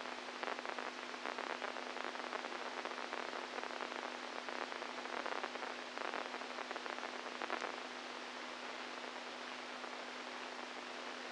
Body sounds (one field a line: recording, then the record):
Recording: brain microelectrode recording played as sound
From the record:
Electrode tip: inside the subthalamic nucleus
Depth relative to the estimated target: -1 mm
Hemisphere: right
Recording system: NeuroSet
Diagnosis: Parkinson's disease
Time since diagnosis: 10 years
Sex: male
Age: 65 years